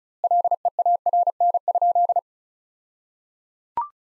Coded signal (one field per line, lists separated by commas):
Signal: Morse code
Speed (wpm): 36 wpm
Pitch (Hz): 700 Hz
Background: none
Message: LEARN?